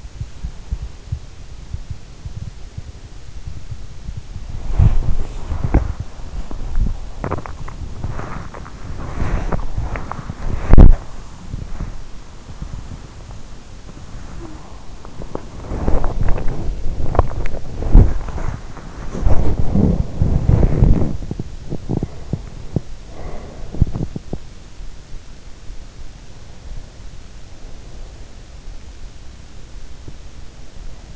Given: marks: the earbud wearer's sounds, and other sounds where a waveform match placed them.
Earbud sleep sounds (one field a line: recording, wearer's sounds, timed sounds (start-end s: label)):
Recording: sounds in sleep by an in-ear microphone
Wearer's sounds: body movement, teeth grinding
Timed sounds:
4.31-21.22 s: body movement
7.08-7.78 s: teeth grinding
15.07-15.61 s: teeth grinding
17.04-17.74 s: teeth grinding
21.22-24.50 s: teeth grinding